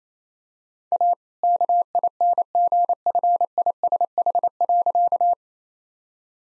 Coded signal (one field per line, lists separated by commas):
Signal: Morse code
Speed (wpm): 28 wpm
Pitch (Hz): 700 Hz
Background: none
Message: A KINGFISH.